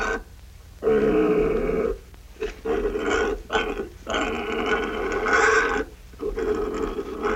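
Pig squealing: several loud, harsh, drawn-out squeals lasting one to two seconds, separated by brief pauses.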